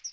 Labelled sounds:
Chestnut-sided Warbler flight call

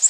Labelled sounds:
Orange-crowned Warbler flight call

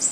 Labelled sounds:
Golden-winged Warbler flight call

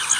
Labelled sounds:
Blackburnian Warbler flight call

